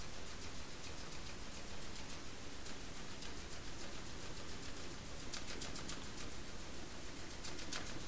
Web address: sperm Whale Clicks sog-onc 20180327-ONC-LTSA-hits NAXYS HYD 052 20180327 T 192201 497 Z